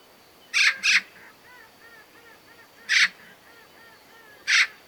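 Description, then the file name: Eurasian magpie giving harsh, rasping chak calls: a quick double burst, then single calls about two and one and a half seconds apart, with faint thin chirps behind. "Pica pica"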